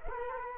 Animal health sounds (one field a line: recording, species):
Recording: mosquito wingbeat signal from an infrared sensor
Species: Culex quinquefasciatus